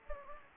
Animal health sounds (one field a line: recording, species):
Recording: mosquito wingbeat signal from an infrared sensor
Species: Anopheles gambiae